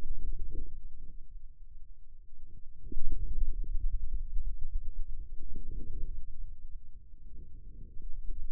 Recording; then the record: forearm muscle sounds (acoustic myography)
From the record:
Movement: hand opening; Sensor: system 2, bracelet of six BSWA MPA416 microphones around the upper forearm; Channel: 5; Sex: male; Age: 22 years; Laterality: right